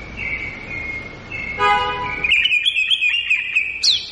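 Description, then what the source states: White-rumped shama song: a thin whistled tone, then a rapid, bright stream of trilled and warbled notes ending on a high flourish. Actively singing bird; lure recording used to make birds respond.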